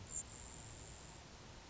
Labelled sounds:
Grasshopper Sparrow (Ammodramus savannarum)
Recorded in Sonoma County, California

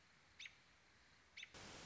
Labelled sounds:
American Robin (Turdus migratorius)
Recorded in Sonoma County, California

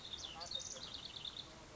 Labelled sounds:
House Wren (Troglodytes aedon)
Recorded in Sonoma County, California

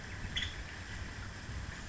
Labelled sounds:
Nuttall's Woodpecker (Dryobates nuttallii)
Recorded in Sonoma County, California

